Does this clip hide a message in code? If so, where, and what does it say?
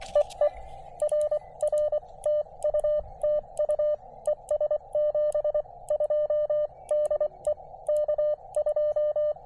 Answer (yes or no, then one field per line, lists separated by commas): yes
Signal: Morse code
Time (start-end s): 0.2-9.3 s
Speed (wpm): 23 wpm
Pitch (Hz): 590 Hz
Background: radio noise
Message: EE RR TU TU ES 72 DE K2